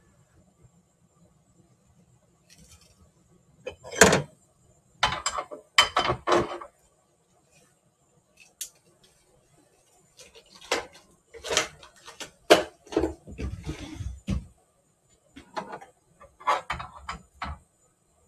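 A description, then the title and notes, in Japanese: Tidying up around a kitchen indoors: sharp knocks, clatters and sliding scrapes come in irregular bursts over a faint low hum. キッチン周りのお片付け。Sujataはお話はいたしません。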